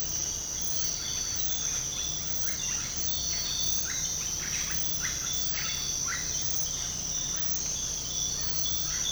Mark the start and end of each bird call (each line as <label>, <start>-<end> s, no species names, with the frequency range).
bird call (0.6-2.8 kHz), 0.01-3.02 s
bird call (1.0-2.8 kHz), 3.75-6.28 s
bird call (0.7-2.6 kHz), 7.28-9.11 s